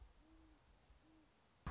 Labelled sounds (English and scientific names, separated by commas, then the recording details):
Great Horned Owl (Bubo virginianus)
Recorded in Sonoma County, California